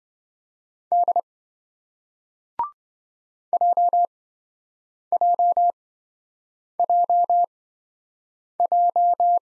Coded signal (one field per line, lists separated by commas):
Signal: Morse code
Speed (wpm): 27 wpm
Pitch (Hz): 700 Hz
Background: none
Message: D JJJJ